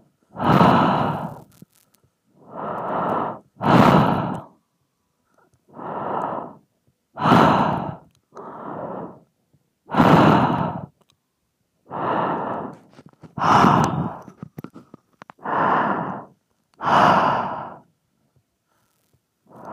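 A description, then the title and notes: Heavy breathing into a microphone, with about twelve loud, airy breaths spaced roughly every one and a half seconds. Inhales and exhales alternate in steady rhythm, each a rough rush of air separated by near silence, with a few faint clicks between some breaths. ASMR Microphone Breathing.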